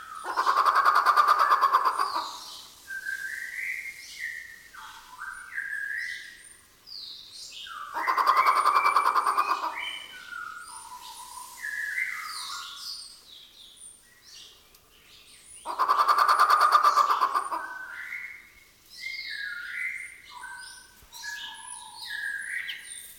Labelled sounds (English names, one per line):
White-rumped Shama